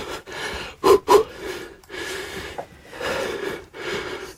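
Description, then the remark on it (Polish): Heavy, uneven breathing: two sharp, quick gasps early on, followed by longer, raspy inhales and exhales in an irregular, restless rhythm, with no one speaking. “Twój niespokojny oddech jeszcze potęguje napięcie.”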